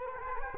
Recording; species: mosquito wingbeat signal from an infrared sensor; Culex quinquefasciatus